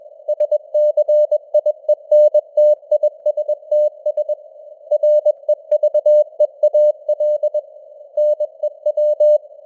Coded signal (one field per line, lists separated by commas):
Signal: Morse code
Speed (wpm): 21 wpm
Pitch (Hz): 600 Hz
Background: none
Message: SCIENTISTS REVEAL NEW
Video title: Morse Code News | 2025-10-23 | 21wpm